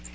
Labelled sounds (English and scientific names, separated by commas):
Magnolia Warbler (Setophaga magnolia) flight call